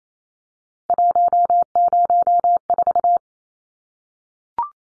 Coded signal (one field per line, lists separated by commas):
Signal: Morse code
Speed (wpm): 28 wpm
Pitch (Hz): 700 Hz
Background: none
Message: 104